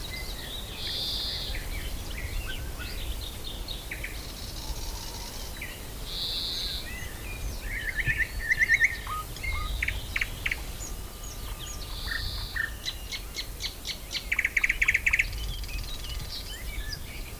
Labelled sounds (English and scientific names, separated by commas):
Eurasian Blackcap (Sylvia atricapilla) song